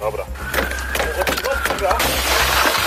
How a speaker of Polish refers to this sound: Stłukli szybę. Świadomi tego, że wewnątrz samochodu panuje wysoka temperatura, podjęli taką decyzję.